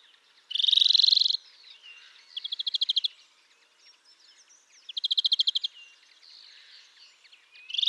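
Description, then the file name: European greenfinch giving fast, metallic rattling trills in bursts every two to three seconds, with softer twittering notes between them. "Chloris chloris"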